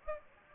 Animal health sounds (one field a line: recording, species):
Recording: mosquito wingbeat signal from an infrared sensor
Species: Anopheles gambiae